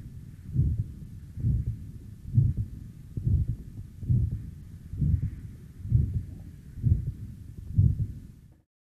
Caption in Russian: Систолический шум в третьей точке аускультации у здорового молодого пациента с вегетососудистой дистонией. Самостоятельный систолический шум на легочной артерии выслушивается редко. При этом, чаще всего, он является функциональным, так как связан с несоответствием объемной скорости кровотока и просвета этого сосуда.